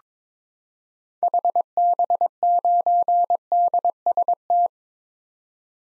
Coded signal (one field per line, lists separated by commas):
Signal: Morse code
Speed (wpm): 22 wpm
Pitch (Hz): 700 Hz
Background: none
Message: HB9DST